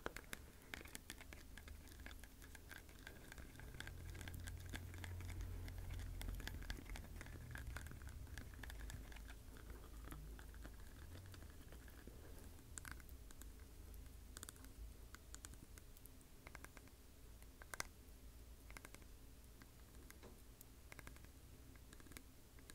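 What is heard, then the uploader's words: Teeth tap in quick, dense bursts of sharp little clicks, slowing into sparser taps later, over a low hum. Teeth Tapping FAST & SLOW.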